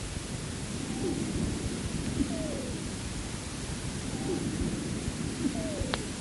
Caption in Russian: Высокочастотные свистящие хрипы образуются при наличии вязкого секрета в мелких бронхах и бронхиолах. Свистящие хрипы у больной, страдающей хроническим обструктивным бронхитом. Основной дыхательный шум представлен жестким дыханием.